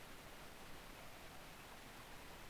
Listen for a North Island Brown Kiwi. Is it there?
no